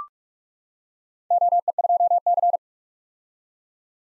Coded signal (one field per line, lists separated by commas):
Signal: Morse code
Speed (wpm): 44 wpm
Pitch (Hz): 700 Hz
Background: none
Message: OE2C